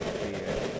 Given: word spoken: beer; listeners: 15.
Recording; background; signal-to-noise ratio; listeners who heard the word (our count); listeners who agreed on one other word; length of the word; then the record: one English word in noise, from a listening test; noise modulated by three-talker babble; -5.5 dB; 2 of 15; 8 of 15; 0.39 s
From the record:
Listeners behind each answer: 8, 2, 1, 1, 1, 1, 1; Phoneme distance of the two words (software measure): 10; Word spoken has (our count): 1 syllable, 3 phonemes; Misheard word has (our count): 1 syllable, 3 phonemes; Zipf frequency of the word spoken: 4.47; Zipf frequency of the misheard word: 4.84